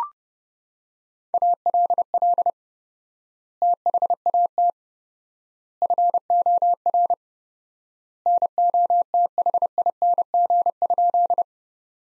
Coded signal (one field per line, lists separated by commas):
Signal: Morse code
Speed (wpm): 32 wpm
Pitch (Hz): 700 Hz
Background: none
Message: ALL THAT FOR NOTHING?